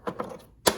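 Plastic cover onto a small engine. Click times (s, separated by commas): 0.7 s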